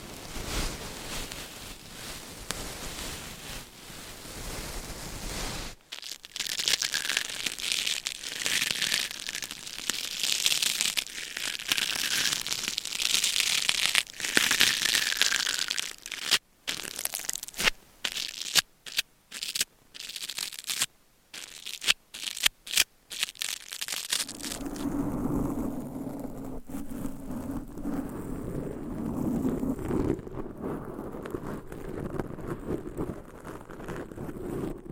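Close-up trigger sounds change every few seconds: soft brushing, then bright scratching from about 6 to 15 seconds, followed by quick, choppy tapping with short silences. After 25 seconds a lower, muffled rubbing takes over, steadier and duller than before.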